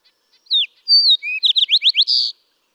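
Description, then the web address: Fox Sparrow singing one phrase of clear whistles, then a fast series of slurred rising notes, ending on a held note. "birdsongforthecurious songs Fox Sparrow"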